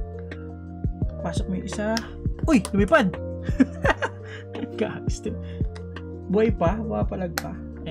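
A keyboard stabilizer or switch part is being fitted into the plate on the other side of a Weikav CIY GAS67 keyboard while someone talks over a steady musical background. An earlier piece flew off and was recovered. The part has been handled but nothing has seated or clicked yet.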